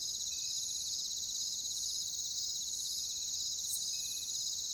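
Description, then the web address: Cricket chorus of shrill chirping beneath a constant high buzz. "ENTER Music and Audio J - Nature Songs Nature Sounds Sounds of Nature Collection Crickets"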